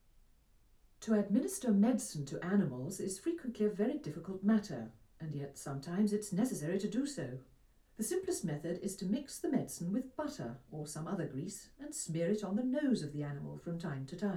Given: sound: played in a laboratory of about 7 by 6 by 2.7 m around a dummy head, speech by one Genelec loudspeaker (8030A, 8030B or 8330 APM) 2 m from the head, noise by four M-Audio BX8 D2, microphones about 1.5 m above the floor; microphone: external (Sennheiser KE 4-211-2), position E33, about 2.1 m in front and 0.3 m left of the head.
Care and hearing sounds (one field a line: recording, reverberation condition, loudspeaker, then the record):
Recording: female speech in English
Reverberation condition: low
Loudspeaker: 120 degrees to the right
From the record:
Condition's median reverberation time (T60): about 310 ms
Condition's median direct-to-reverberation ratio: about 3.5 dB